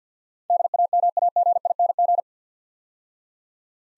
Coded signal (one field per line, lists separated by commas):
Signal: Morse code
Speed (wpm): 49 wpm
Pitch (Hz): 700 Hz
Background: none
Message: DAMAGING